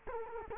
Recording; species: mosquito wingbeat signal from an infrared sensor; Culex quinquefasciatus